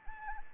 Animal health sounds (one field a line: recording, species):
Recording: mosquito wingbeat signal from an infrared sensor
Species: Anopheles arabiensis